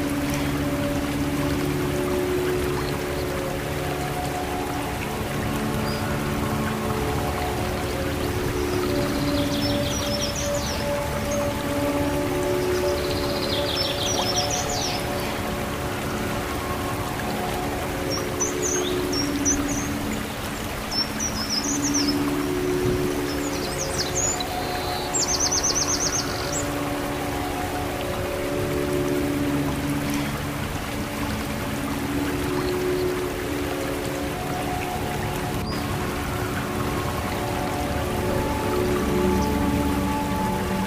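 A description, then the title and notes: Water rushes steadily and densely through the whole stretch, a constant roar of a waterfall with running water. Low droning tones rise and fall in slow waves underneath. Brief bird calls chirp high above around ten, fifteen, and twenty to twenty-seven seconds. Relaxing sound of waterfall, running water and birds singing in the forest - Revolve Natural.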